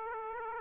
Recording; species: mosquito wingbeat signal from an infrared sensor; Aedes aegypti